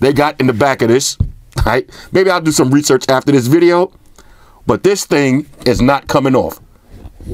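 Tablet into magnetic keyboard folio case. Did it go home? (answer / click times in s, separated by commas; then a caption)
no / none. An iPad Pro (2018) tablet is being handled onto the back of its magnetic keyboard folio case, which snaps on with magnets. Someone talks throughout, with short pauses between phrases. Nothing has seated or clicked yet.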